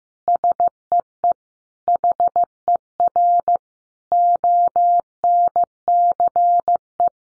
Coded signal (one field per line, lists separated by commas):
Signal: Morse code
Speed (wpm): 15 wpm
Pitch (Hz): 700 Hz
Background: none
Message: SEE HER ONCE